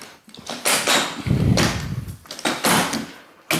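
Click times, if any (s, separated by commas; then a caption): 0.3 s, 2.5 s, 3.5 s. An aluminium telescopic ladder is extended section by section, and each lifted section's spring pins on either side snap into their locking holes with sharp metallic clicks at about 0.3, 2.5 and 3.5 seconds. Broadband sliding and rattling sounds fill the spaces between the clicks. Each section locks into place and the ladder ends up fully locked in.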